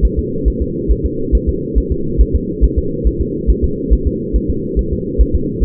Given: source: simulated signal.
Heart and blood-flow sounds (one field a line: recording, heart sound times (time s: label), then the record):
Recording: fetal heart sounds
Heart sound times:
0.05 s: S1
0.19 s: S2
0.48 s: S1
0.62 s: S2
0.91 s: S1
1.06 s: S2
1.35 s: S1
1.49 s: S2
1.78 s: S1
1.92 s: S2
2.21 s: S1
2.35 s: S2
2.64 s: S1
2.78 s: S2
3.07 s: S1
3.21 s: S2
3.50 s: S1
3.64 s: S2
3.93 s: S1
4.07 s: S2
4.36 s: S1
4.50 s: S2
4.79 s: S1
4.93 s: S2
5.21 s: S1
5.35 s: S2
5.63 s: S1
From the record:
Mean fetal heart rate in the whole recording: 140 bpm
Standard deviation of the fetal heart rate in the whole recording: 2 bpm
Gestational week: 34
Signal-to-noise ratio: -6.6 dB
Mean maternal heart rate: 72 bpm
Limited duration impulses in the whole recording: present